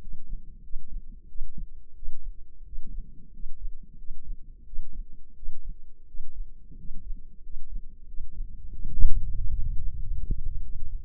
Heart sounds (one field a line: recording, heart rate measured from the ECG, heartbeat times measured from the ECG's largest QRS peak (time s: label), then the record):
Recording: heart sounds by microphone in the left ear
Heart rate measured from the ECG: 90 bpm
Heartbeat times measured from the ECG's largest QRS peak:
0.60 s: heartbeat
1.25 s: heartbeat
1.92 s: heartbeat
2.62 s: heartbeat
3.29 s: heartbeat
3.94 s: heartbeat
4.63 s: heartbeat
5.32 s: heartbeat
6.04 s: heartbeat
6.74 s: heartbeat
7.40 s: heartbeat
8.04 s: heartbeat
8.69 s: heartbeat
9.33 s: heartbeat
9.97 s: heartbeat
10.59 s: heartbeat
From the record:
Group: healthy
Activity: rest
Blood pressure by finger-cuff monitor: 104/59 mmHg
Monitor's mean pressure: 69 mmHg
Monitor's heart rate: 92 bpm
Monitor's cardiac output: 6.3 L/min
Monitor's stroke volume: 71 mL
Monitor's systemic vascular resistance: 780 dyn s/cm5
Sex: male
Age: 20 years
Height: 167 cm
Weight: 61 kg